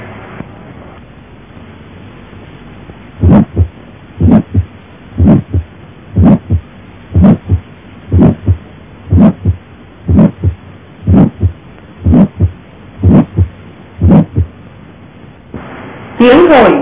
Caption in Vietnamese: Tiếng thổi đầu tâm thu. Tiếng thổi nghe thấy trong thời kỳ tâm thu, tương ứng với lúc mạch quay nảy.